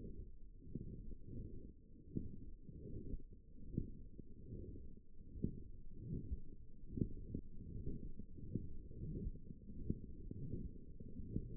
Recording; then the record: forearm muscle sounds (acoustic myography)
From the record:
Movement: forearm supination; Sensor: system 1, eight BSWA MPA416 microphones around the upper forearm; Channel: 4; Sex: female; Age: 20 years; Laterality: right